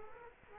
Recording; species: mosquito wingbeat signal from an infrared sensor; Culex quinquefasciatus